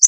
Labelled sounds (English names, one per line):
Connecticut Warbler flight call